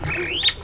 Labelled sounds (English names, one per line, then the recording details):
Superb Starling flight call
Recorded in Kenya